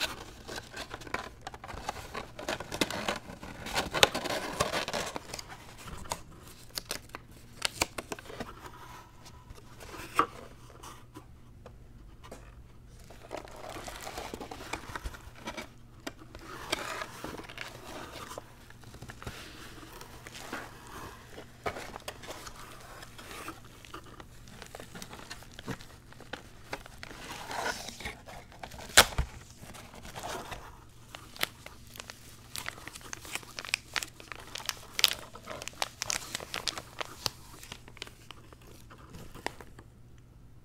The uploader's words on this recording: ASMR Icnbuys Zen Garden Unboxing No Talking.